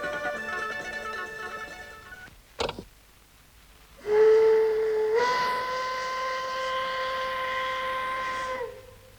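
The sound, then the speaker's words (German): A steam locomotive whistle, recorded in 1956, sounds in two long, steady blasts with rich harmonic tones, the second loud and sustained for several seconds, after a brief sharp burst in between. “Dieser Dampflokpfiff wurde vor genau 30 Jahren, 1956, aufgenommen.”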